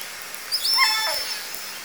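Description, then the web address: Orca giving a pulsed call with stacked harmonic tones ending in a sweeping downward slur, lasting about a second. Southern Resident killer whales, L pod; catalogued call type S36. "Orca Calls Alwin Audiosamples"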